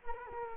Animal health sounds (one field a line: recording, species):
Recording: mosquito wingbeat signal from an infrared sensor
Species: Culex quinquefasciatus